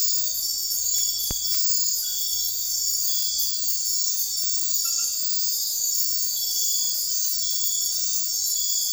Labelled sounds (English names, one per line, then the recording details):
none
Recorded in secondary vegetation near Puerto Asís, Putumayo, Colombia, on 4 March 2025 at 03:00
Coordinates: 0.499, -76.323
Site G094